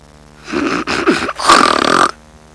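Three short, rough, rattling snorts from an adult run together over about a second and a half, with a throaty vibration. They fit snoring.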